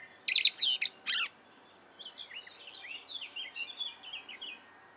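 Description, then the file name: Common blackbird giving a loud, squeaky high twitter burst, then soft faint warbling notes against a hissy background and steady high tone. "Turdus merula"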